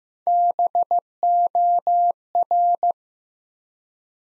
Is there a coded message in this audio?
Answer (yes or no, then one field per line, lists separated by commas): yes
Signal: Morse code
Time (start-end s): 0.3-2.9 s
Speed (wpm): 15 wpm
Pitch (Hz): 700 Hz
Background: none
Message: BOR